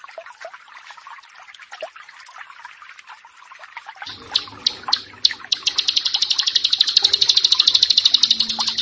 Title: Ciblek Sawah 1